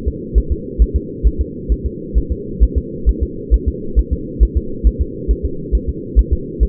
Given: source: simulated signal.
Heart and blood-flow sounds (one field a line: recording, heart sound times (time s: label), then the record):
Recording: fetal heart sounds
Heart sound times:
0.08 s: S2
0.38 s: S1
0.52 s: S2
0.82 s: S1
0.96 s: S2
1.27 s: S1
1.41 s: S2
1.72 s: S1
1.86 s: S2
2.18 s: S1
2.32 s: S2
2.63 s: S1
2.78 s: S2
3.09 s: S1
3.23 s: S2
3.54 s: S1
3.68 s: S2
3.99 s: S1
4.13 s: S2
4.43 s: S1
4.57 s: S2
4.87 s: S1
5.02 s: S2
5.31 s: S1
5.45 s: S2
5.75 s: S1
5.89 s: S2
6.19 s: S1
6.33 s: S2
6.63 s: S1
From the record:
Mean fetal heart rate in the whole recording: 135 bpm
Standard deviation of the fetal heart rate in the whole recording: 3 bpm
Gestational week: 34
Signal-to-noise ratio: -4.3 dB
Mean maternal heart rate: 72 bpm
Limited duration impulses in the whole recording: absent